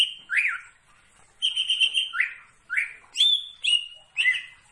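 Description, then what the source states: Leafbird song: bright whistled phrases, some sliding down and others held steady, given in short bursts with brief pauses between them. Bird singing actively, described as gacor.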